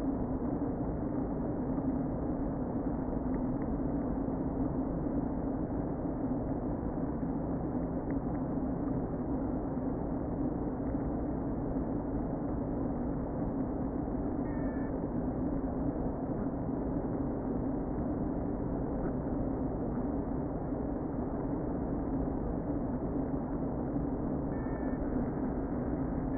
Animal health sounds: honeybee colony, microphone inside the hive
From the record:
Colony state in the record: queen present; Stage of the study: before two queens were removed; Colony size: about 60,000 bees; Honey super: yes

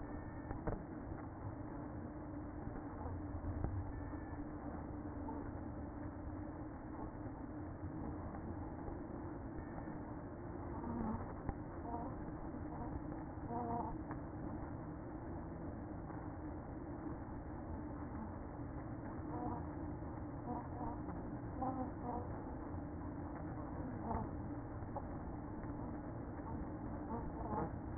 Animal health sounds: honeybee colony, microphone inside the hive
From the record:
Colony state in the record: queen present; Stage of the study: after two queens were removed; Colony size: about 60,000 bees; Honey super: yes

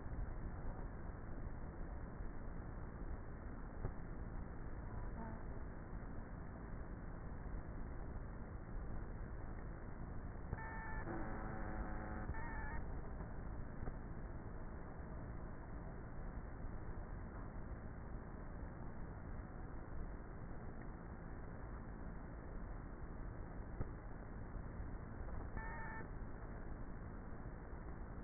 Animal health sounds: honeybee colony, microphone inside the hive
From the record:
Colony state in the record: queenless with a low population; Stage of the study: before two queens were removed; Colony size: about 30,000 bees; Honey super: no

